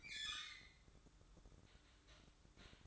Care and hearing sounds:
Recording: daily activity, microphone in the room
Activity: open fridge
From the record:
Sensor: 3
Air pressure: 1007.8 hPa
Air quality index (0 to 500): 62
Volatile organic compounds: 1 ppm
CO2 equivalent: 617 ppm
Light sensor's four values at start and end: 13/30/13/13 and 13/30/13/13

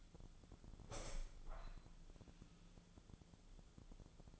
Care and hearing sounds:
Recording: daily activity, microphone in the room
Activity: open window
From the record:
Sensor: 5

